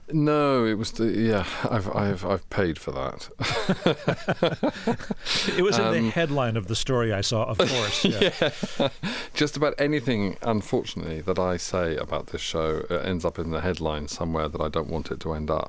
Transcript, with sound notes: No, it was - yeah, I've paid for that.
(LAUGHTER) It was at the headline of the story I saw, of course, yeah.
(Laughter) Just about anything unfortunately that I say about the show ends up in the headlines somewhere that I don't want it to end up.